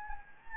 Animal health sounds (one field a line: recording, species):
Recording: mosquito wingbeat signal from an infrared sensor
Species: Anopheles gambiae